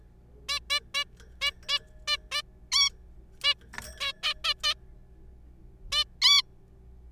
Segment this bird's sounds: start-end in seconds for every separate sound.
0.49-0.59, 0.70-0.80, 0.95-1.04, 1.41-1.51, 1.69-1.78, 2.08-2.16, 2.32-2.42, 2.72-2.89, 3.44-3.54, 4.00-4.12, 4.23-4.34, 4.44-4.54, 4.64-4.74, 5.92-6.04, 6.22-6.42